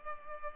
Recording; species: mosquito wingbeat signal from an infrared sensor; Culex pipiens